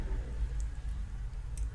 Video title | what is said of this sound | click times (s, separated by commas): 5 Super Useful Daily Life Items - Save Time & Filament — All 3D Printed! -- BAMBU LABS -- MAKERWORLD | ప్రాపర్గా lock అయిపోతుంది అనమాట. | 0.6 s, 1.6 s